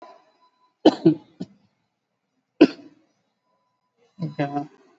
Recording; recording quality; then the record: shallow voluntary cough; excellent, no background noise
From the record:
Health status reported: COVID-19 positive, no symptoms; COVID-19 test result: positive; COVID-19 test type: RT-PCR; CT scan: taken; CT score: 17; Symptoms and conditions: cough, cold, breathing difficulty, fatigue, muscle pain, loss of smell and taste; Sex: male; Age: 28 years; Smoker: no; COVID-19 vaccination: none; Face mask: not worn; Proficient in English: yes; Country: India